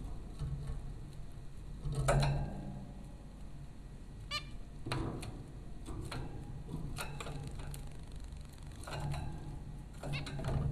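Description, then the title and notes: Zebra finches giving sparse nasal beeps and short chatters at irregular intervals, over a steady low hum. Zebra finches at Popcorn School, Flatbush, Brooklyn, New York, April 15, 2009. "Dronecast: The Popcorn Finches Four from Apr 15, 2009. Zebra finches recorded by Dan Bodah at Popcorn School, Flatbush, Brooklyn NY in April 2009"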